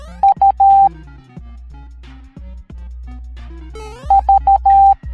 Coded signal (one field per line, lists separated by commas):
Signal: Morse code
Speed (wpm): 13 wpm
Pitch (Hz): 790 Hz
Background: music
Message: U V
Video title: Super Mario Goombas Teaching the Morse Code Alphabet Educational Video for Kids